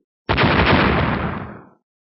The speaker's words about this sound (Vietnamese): Mấy tiếng nổ gần như đồng thời truyền ra. Mấy đạo ánh sáng màu vàng, xám, đen va chạm kịch liệt với nhau, khuếch tán ra xung quanh, bao trùm cả kim sắc giao lông cùng bốn đầu tử linh sinh vật.